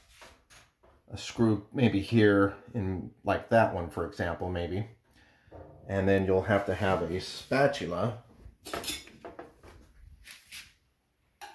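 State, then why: Released. Someone talks while a spatula is wedged in to pry the front spring clip that holds the top panel on a Kenmore washing machine cabinet. A few faint taps are heard, then a sharp click at 11.4 s as the clip pops open and lets the panel go.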